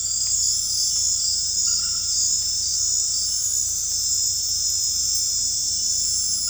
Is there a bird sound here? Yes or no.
no